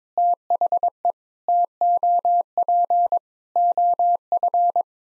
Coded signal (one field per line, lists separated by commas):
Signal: Morse code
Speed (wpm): 21 wpm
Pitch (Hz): 700 Hz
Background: none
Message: THE TOP OF